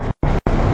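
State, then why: Not seated. A tractor backs under a trailer to bring its steel fifth wheel jaws onto the trailer kingpin, with broad, steady noise that cuts to silence twice, resuming abruptly at about 0.2 s and 0.5 s. Nothing has seated or clicked yet.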